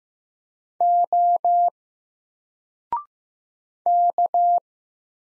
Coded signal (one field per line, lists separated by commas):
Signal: Morse code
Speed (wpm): 15 wpm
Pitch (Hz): 700 Hz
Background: none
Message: O K